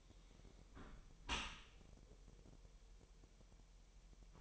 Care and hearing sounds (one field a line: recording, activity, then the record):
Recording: daily activity, microphone in the room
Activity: close dishwasher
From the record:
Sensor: 1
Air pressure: 1000.7 hPa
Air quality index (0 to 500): 248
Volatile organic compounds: 147 ppm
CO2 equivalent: 4011 ppm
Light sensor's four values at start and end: 11/28/11/12 and 11/28/11/12